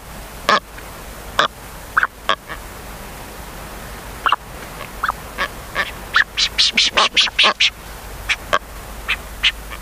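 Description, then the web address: Brown booby calls: scattered sharp honks, then a quick burst of higher clipped notes in rapid succession, over a continuous hissing background. "sikioto. katsuodori"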